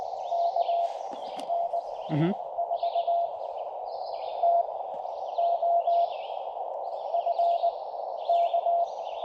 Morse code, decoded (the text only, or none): KN4TOF K